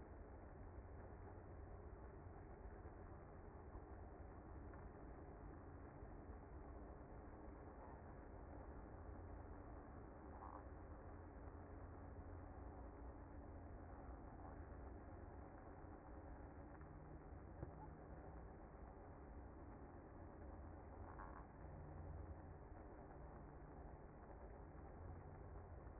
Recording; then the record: honeybee colony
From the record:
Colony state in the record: active